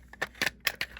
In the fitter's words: You put it back. It pop. You hear it pop.